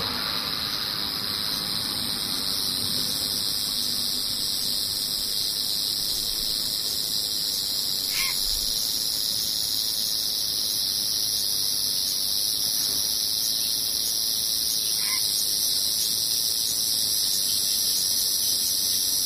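Cicadas drone without a break, a dense high hiss that holds steady for the whole stretch with a shrill band riding on top. A few brief chirps cut through around eight, thirteen and fifteen seconds, over a faint low rumble underneath.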